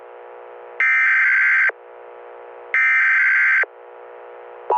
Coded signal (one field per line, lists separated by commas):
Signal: Emergency Alert System (SAME) tones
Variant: header bursts